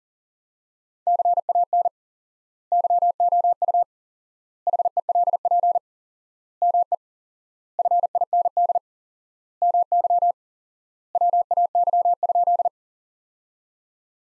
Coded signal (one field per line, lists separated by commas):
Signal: Morse code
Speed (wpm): 37 wpm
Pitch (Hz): 700 Hz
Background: none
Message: CAN YOU HELP ME FIND MY WAY?